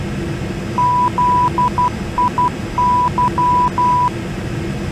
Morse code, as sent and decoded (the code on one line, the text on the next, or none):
--.. .. -.--
ZIY